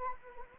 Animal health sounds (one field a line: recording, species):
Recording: mosquito wingbeat signal from an infrared sensor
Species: Anopheles arabiensis